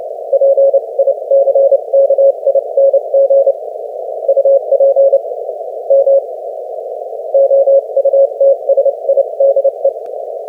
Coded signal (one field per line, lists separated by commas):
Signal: Morse code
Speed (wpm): 27 wpm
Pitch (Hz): 550 Hz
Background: none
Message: PICKING UP M OUTSIDE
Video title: 30 wpm QSO w/ W4YES 3-20-2025 #cw #morsecode #morse #potababe #qrq #hamradio #qrp #qso #skcc #licw